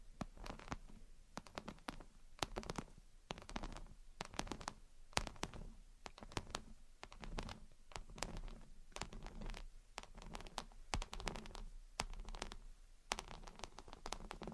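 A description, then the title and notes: Gentle tapping and scratching, with quick, sharp taps scattered irregularly across the whole fifteen seconds, often in short bursts of several. Between the taps, soft rustly scratching and a low rumble fill in, and the pace stays steady throughout without building or fading. Gentle Tapping and Scratching. (No Talking).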